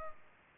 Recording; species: mosquito wingbeat signal from an infrared sensor; Culex pipiens